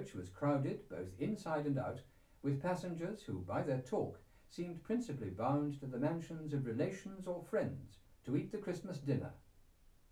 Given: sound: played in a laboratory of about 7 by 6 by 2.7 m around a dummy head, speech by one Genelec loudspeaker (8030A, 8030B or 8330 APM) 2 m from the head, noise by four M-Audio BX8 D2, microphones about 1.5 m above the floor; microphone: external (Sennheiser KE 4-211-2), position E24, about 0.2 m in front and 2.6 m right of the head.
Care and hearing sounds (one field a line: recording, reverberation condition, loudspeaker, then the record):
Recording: male speech in English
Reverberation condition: low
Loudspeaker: in front (0 degrees)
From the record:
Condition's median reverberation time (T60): about 310 ms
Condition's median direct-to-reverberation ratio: about 3.5 dB